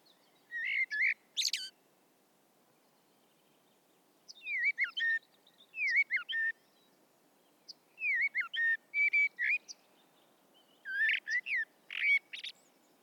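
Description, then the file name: Common blackbird singing several separate phrases, each a low mellow warble rising into a shrill twittering finish, spaced by short pauses, with soft background hiss. "Turdus merula"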